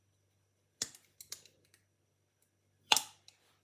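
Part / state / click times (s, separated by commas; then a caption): metal lid sealed on a glass jar / released / 2.9 s. A spoon is gently levered between the ridges under a metal lid sealed on a glass jar to break the vacuum seal, with a few light metallic taps and scrapes around 0.8 s and 1.2–1.3 s. A sharp pop at 2.9 s is the seal giving way as air gets in, followed by a faint click at 3.3 s. The vacuum is released and the lid comes straight off.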